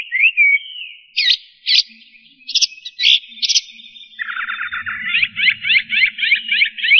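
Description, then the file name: Chinese hwamei: songbird with clipped, harsh repeated notes and brief whistles, ending in a fast series of buzzy strokes; faint low noise underneath. "audio-kicauan-burung-hwamei -omkicau"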